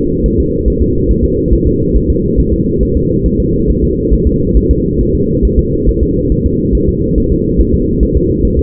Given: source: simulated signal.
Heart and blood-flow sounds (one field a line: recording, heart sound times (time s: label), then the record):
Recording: fetal heart sounds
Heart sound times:
0.26 s: S1
0.40 s: S2
0.68 s: S1
0.82 s: S2
1.11 s: S1
1.24 s: S2
1.53 s: S1
1.67 s: S2
1.96 s: S1
2.10 s: S2
2.40 s: S1
2.53 s: S2
2.83 s: S1
2.97 s: S2
3.26 s: S1
3.40 s: S2
3.70 s: S1
3.83 s: S2
4.13 s: S1
4.27 s: S2
4.57 s: S1
4.71 s: S2
5.01 s: S1
5.15 s: S2
5.45 s: S1
5.59 s: S2
5.89 s: S1
6.02 s: S2
6.32 s: S1
6.46 s: S2
6.75 s: S1
6.89 s: S2
7.18 s: S1
7.32 s: S2
7.61 s: S1
7.74 s: S2
8.03 s: S1
8.17 s: S2
8.45 s: S1
8.59 s: S2
From the record:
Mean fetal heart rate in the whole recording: 140 bpm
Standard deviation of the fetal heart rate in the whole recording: 2 bpm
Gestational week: 34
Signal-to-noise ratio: -14.7 dB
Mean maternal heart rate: 72 bpm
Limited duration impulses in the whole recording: present